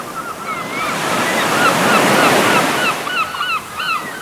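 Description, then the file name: Gulls giving repeated mewing, slightly wavering cries, several overlapping in quick succession, over loud breaking surf and gusting wind. Gulls recorded at the sea. "meer moewen"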